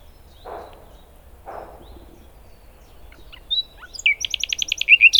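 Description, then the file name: Common nightingale song: after two soft low thuds and a few scattered notes, a rapid run of loud repeated notes. "Luscinia megarhynchos"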